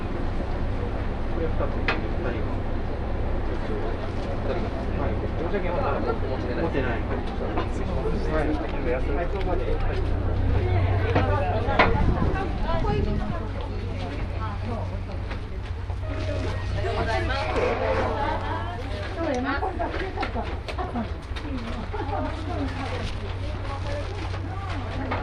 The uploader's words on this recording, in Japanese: 予土線しまんトロッコ2号 江川崎→土佐大正。8割方トロッコ車両は埋まっていました。案内人の話を聞きながらのんびりと走っていきますが、トンネル区間が多いので結構轟音だらけになります。また意外と風が冷たいです。前日まで大雨だったこともあり川の水は汚かったですが、空気はとてもきれいに感じました。